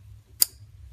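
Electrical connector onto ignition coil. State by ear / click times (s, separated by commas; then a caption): seated / 0.4 s. An electrical connector is pushed onto an ignition coil on a Ford 4.6L, 5.4L or 6.8L 2V modular engine until it clicks. A single sharp click is heard at 0.4 s over a low background hum, meaning the connector is locked down and won't come off on the road.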